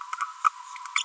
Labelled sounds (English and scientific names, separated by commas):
Green-rumped Parrotlet (Forpus passerinus) babbling